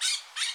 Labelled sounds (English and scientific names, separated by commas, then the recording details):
Brown-throated Parakeet (Eupsittula pertinax) contact call
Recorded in Bonaire
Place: just S of turnoff to Cai, near Lac Bay
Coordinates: 12.126, -68.239